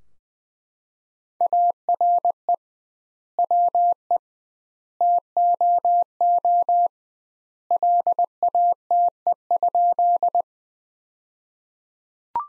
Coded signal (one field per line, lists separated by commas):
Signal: Morse code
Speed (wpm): 20 wpm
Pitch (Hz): 700 Hz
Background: none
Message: ARE WE TOO LATE?